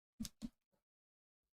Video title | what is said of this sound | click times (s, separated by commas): Fierce Tiger upgrades "Old Blue" | okay nice little click i | 0.2 s